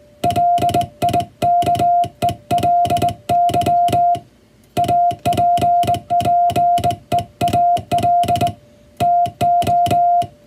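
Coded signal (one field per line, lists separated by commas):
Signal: Morse code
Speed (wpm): 20 wpm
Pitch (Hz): 700 Hz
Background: music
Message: LIKELY APPEAL TO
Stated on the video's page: Morse code receive practice of the kind used for the radiotelegraph operator exam, recreating ship-to-coast-station telegraph traffic.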